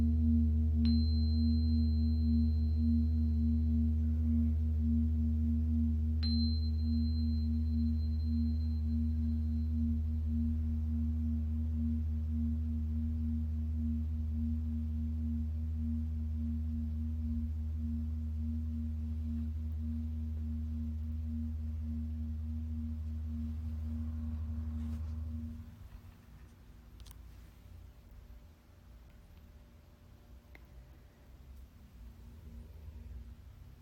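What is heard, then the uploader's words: A Tibetan singing bowl holds a deep, steady drone with several ringing tones layered above it. Two light, bright taps sound near the start. At about 25 seconds the low hum suddenly drops away, leaving quieter, fading ringing for the rest. Tibetan Singiing Bowl のサウンドヒーリングチャンネル LIVE.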